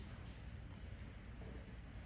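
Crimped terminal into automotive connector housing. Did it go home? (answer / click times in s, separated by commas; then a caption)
no / none. A crimped terminal is lined up and pushed toward an automotive connector housing, with its orientation still uncertain. Only a steady, low, broadband rumble is heard, with no distinct transients. Nothing has seated or clicked yet.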